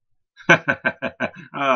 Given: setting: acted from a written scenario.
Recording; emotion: vocal sound without words; amusement